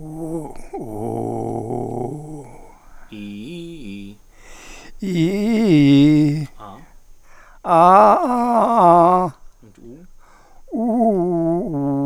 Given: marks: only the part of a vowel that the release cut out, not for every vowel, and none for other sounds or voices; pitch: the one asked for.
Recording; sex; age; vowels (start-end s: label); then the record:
sustained vowels; male; 70 to 79 years
0.88-2.35 s: vowel /u/, low pitch
5.17-5.73 s: vowel /i/, low-high-low pitch
7.97-9.21 s: vowel /a/, low-high-low pitch
10.79-11.76 s: vowel /u/, low-high-low pitch
From the record:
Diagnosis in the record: presbyphonia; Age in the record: 76 years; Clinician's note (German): Vox senilis